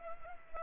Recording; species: mosquito wingbeat signal from an infrared sensor; Culex pipiens